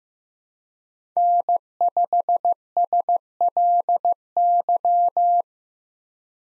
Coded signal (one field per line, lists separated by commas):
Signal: Morse code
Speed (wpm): 15 wpm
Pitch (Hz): 700 Hz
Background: none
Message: N5SLY